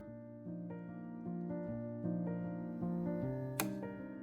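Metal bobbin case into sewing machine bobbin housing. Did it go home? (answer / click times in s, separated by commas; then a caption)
yes / 3.6 s. A loaded metal bobbin case is pushed, latch finger up, into the front-loading bobbin holder of a sewing machine while soft piano music plays throughout. A single sharp click sounds at 3.6 s as the bobbin case seats in the housing.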